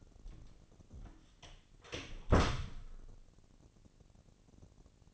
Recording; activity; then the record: daily activity, microphone in the room; close door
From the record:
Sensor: 4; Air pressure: 1013.2 hPa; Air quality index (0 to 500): 178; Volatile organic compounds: 2 ppm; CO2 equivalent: 1118 ppm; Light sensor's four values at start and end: 89/223/92/97 and 69/168/71/71